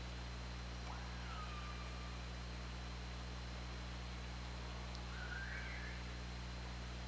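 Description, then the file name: Orca calls: two faint tonal calls, an early downward-gliding whine and a later brief rising-falling one, with a click, over persistent low hum and hiss. OrcaLab hydrophone recording made underwater on 24 August 2017, around 20:50. "Orca Lab 20170824 205000"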